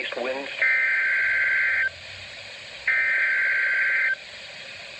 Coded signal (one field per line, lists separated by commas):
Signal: Emergency Alert System (SAME) tones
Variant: header bursts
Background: speech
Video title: Severe T-Storm Watch 322 | EAS #79